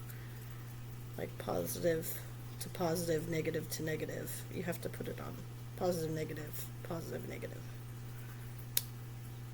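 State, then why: Seated. Someone talks while two magnetic pieces of a fidget toy are placed positive to negative so they attract. At 8.8 s they snap together with a single sharp click, and the pieces are seated.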